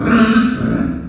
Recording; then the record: squeal of a Yucatan mini pig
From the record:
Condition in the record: after surgery on the right vocal fold (resection and tissue-engineered implant); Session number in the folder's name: 7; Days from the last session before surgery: 47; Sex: female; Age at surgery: 19 weeks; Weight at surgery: 25 kg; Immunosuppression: prednisolone